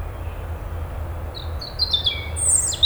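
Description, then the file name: European robin song: thin, high warbled phrases begin midway and grow louder toward the end, over a steady low rumble. "Erithacus rubecula"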